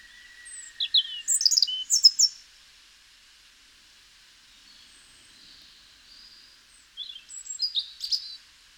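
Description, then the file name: European robin singing: two bursts of high, thin twittering phrases separated by a quiet gap. "Erithacus rubecula"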